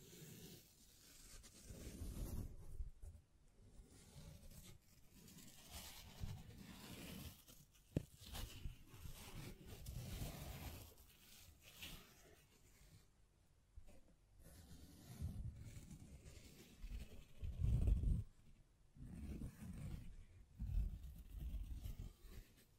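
Hands tap, scratch and brush across a microphone in uneven bursts, mostly low, muffled rumbles with rough scraping above. A sharp click lands near 8 seconds, and the loudest thumps cluster around 17 to 18 seconds, with quieter pauses between the rubbing passages.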